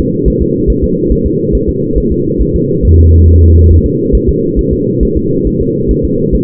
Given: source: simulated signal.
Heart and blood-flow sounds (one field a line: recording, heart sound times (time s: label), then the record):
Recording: fetal heart sounds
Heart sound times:
0.00 s: S2
0.28 s: S1
0.42 s: S2
0.70 s: S1
0.84 s: S2
1.12 s: S1
1.26 s: S2
1.55 s: S1
1.69 s: S2
1.98 s: S1
2.12 s: S2
2.41 s: S1
2.56 s: S2
2.85 s: S1
2.99 s: S2
3.28 s: S1
3.42 s: S2
3.72 s: S1
3.86 s: S2
4.15 s: S1
4.29 s: S2
4.59 s: S1
4.73 s: S2
5.03 s: S1
5.17 s: S2
5.47 s: S1
5.61 s: S2
5.91 s: S1
6.05 s: S2
6.35 s: S1
From the record:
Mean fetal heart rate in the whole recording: 140 bpm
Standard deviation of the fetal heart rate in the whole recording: 2 bpm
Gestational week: 34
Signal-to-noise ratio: -11.2 dB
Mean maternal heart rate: 72 bpm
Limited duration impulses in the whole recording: present